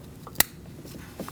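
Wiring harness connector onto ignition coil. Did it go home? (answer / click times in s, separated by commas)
yes / 0.4 s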